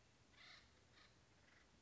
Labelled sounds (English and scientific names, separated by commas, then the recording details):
Acorn Woodpecker (Melanerpes formicivorus)
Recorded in Sonoma County, California